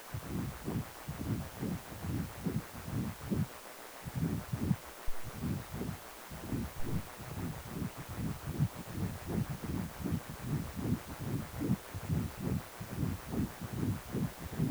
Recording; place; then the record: Doppler ultrasound of blood flow; precordium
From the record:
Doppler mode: continuous wave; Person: healthy adult, 18 to 50 years, no heart murmur, not diving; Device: 2.5 MHz transducer